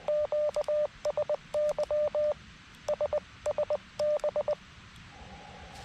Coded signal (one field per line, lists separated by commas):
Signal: Morse code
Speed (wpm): 20 wpm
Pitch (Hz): 600 Hz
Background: radio noise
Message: QSY SSB